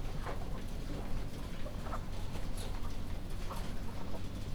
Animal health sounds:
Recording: poultry house recording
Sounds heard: sick chickens (respiratory disease)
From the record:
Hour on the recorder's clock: 2

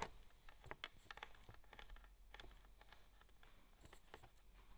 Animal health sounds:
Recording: poultry house recording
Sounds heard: no chicken sound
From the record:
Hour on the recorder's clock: 12

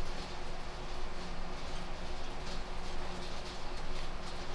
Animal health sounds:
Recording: poultry house recording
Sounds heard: no chicken sound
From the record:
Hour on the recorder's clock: 21

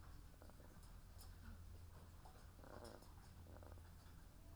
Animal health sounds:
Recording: poultry house recording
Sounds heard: sick chickens (respiratory disease)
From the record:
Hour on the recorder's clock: 13

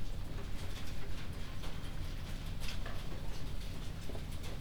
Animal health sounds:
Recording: poultry house recording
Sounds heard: healthy chickens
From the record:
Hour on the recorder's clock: 1

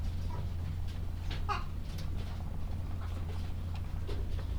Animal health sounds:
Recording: poultry house recording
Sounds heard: sick chickens (respiratory disease)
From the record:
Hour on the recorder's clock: 15

